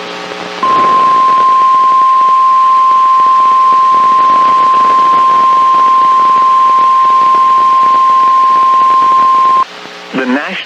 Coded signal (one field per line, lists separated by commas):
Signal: Emergency Alert System (SAME) tones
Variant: 1050 Hz attention tone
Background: speech